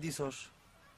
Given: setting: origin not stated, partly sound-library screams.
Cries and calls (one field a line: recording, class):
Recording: one-second piece from a danger detection set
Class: normal situation